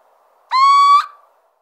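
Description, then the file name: Little owl giving one drawn-out, clear whistled hoot that rises slightly in pitch, with otherwise quiet surroundings. "Cheveche-d Athena"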